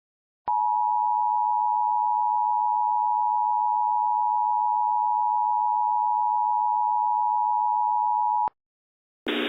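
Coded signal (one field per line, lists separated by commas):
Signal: Emergency Alert System (SAME) tones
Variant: 853 and 960 Hz attention tone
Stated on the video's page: Recreation of a Wake Forest tornado EAS alert, using valid EAS tones.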